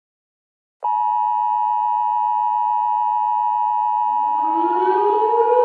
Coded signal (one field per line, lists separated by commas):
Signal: Emergency Alert System (SAME) tones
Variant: 853 and 960 Hz attention tone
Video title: EAS Scenario: The World On Notice